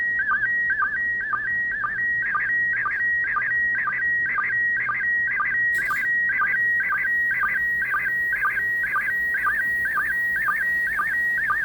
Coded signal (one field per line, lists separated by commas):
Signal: SSTV (slow-scan television)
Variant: PD 120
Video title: Antennas & ARISS SSTV